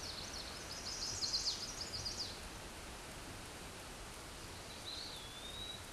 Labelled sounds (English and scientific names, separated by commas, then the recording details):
Chestnut-sided Warbler (Setophaga pensylvanica) song
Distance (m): 30 m
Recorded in a Pennsylvania forest on 17 May 2023 at 14:14
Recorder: AudioMoth, point grid1_41_low
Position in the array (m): 74 m, 217 m